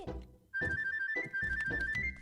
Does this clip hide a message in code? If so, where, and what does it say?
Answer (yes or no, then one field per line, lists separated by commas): no